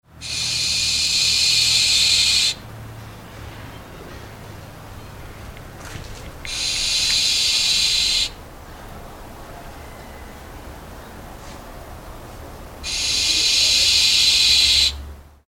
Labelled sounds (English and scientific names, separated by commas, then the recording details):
Western Barn Owl (Tyto alba)
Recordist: Tembrock, Günter
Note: Fauchen eines drei Monate alten Jungvogels